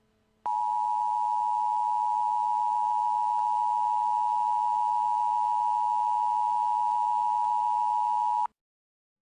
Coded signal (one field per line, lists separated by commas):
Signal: Emergency Alert System (SAME) tones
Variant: 853 and 960 Hz attention tone